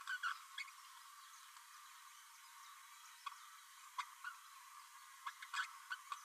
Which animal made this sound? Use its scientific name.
Forpus passerinus